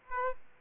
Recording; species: mosquito wingbeat signal from an infrared sensor; Aedes aegypti